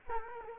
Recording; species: mosquito wingbeat signal from an infrared sensor; Culex quinquefasciatus